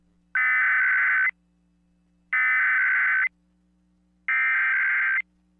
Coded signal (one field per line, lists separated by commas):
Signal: Emergency Alert System (SAME) tones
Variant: header bursts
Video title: An Early Thanksgiving Tests (EAS #23374-23383) 11/20/24